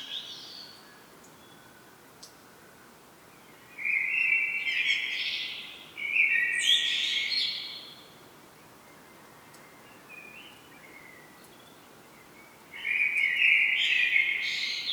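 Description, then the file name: Common blackbird song: three melodious phrases, the first two in quick succession and the third after a pause of several seconds, each mellow warble rising into a thin, high twittering end. "Turdus merula"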